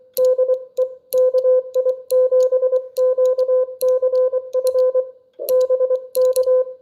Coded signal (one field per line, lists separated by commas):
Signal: Morse code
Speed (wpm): 22 wpm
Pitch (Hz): 500 Hz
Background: none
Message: DE KI7QCF BK